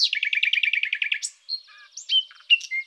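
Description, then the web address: Common nightingale song: a rapid run of repeated chirping notes, then a brief pause and varied whistled and buzzy notes. "Luscinia megarhynchos"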